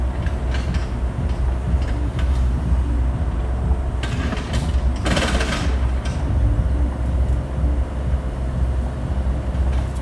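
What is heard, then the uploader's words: A steady low rumble of traffic or a passing train fills a street outside a window, with clanks and a bright hiss around five seconds. Frank Zappa Straße Marzahn-Berlin-DDR - the view from my window. Recorded my window this morning. I didn't add any sound.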